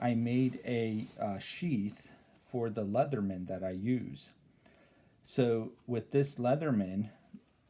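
A Leatherman multitool is handled with its stiff, dried, thick cowhide leather belt sheath while someone talks. The tool has not yet snapped back into the sheath, and nothing has seated or clicked.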